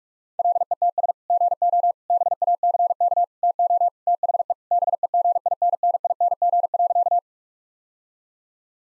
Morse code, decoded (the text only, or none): LETS GO BACK TO THE BEGINNING.